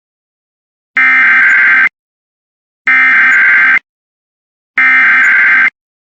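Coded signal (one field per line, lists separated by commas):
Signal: Emergency Alert System (SAME) tones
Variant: header bursts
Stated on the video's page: Two tornado warnings, a flash flood warning and a weekly test heard on the WJON internet stream, captured by screen recorder.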